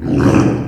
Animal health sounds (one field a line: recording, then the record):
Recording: squeal of a Yucatan mini pig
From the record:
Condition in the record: after surgery on the right vocal fold (resection and tissue-engineered implant)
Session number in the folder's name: 4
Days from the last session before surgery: 42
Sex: male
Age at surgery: 12 weeks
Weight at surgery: 13 kg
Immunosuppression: cyclosporine, prednisolone